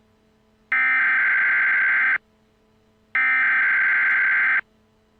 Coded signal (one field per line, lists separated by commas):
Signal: Emergency Alert System (SAME) tones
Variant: header bursts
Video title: NATO End of the World EAS Alert